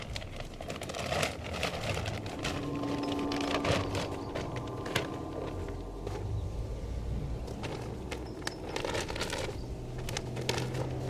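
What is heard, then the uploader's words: Yard work fills the scene with steady crunching and scraping, sharp clicks and snaps every second or so over a low rumble. Soft sustained synth tones hum faintly underneath, one low note clearest around the middle, while the busy outdoor noise stays fairly even throughout. Yardwork with synths. This episode features a stereo recording of working in the yard and slow meditative synths.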